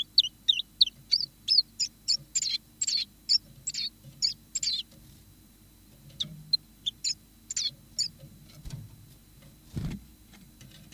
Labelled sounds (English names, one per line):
Common Chiffchaff